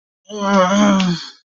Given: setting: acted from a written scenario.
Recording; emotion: vocal sound without words; shame